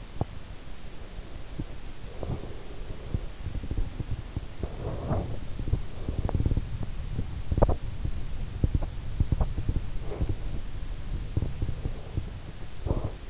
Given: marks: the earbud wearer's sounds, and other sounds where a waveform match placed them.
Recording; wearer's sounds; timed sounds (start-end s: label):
sounds in sleep by an in-ear microphone; teeth grinding
1.32-13.30 s: teeth grinding